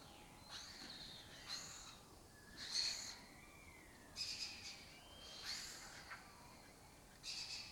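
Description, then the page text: Lesser kestrel rasping calls in several short bursts, with thin gliding whistles between some of them. Lesser kestrel colony occupying an abandoned building complex in Doñana; a migratory raptor that forages in West Africa and breeds in southern Europe. "Lesser Kestrels Took Over an Abandoned Building. A migratory raptor wich spends its foraging time in West Africa and breeds in southern Europe. Here in Doñana"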